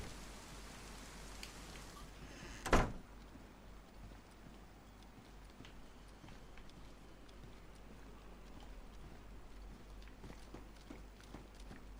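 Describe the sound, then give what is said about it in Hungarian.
Steady video game rain hisses throughout, with scattered drop ticks and one sharp, loud crack early on before the downpour settles into an even, constant wash. No one speaks. “A Rory egy kicsit nincs itt, és már is elkezd esni az eső.”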